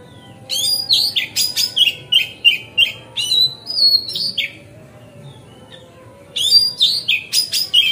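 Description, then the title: Magpie-robin song: fast run of varied whistled and chattering notes, pauses, then resumes with bright, buzzy, warbling phrases. Masteran song. "Kacer Masteran Teras"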